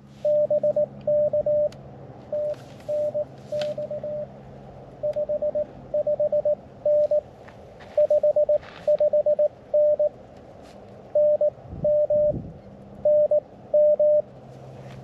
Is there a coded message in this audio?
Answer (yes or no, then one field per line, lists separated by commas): yes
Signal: Morse code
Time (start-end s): 0.3-14.2 s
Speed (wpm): 20 wpm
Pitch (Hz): 560 Hz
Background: radio noise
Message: BK TNX 55N 55N NM NM